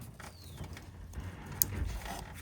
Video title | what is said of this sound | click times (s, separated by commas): 2011-2016 Ford F-150 P0151 Code Fix Upstream O2 Sensor Replacement How-To | And you want to make sure you hear that click. | 1.6 s